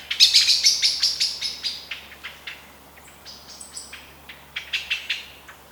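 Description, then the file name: Eurasian blackbird calling with quick metallic ticks, a fast burst at first that fades, then a few scattered notes and a later short flurry. "Turdus merula"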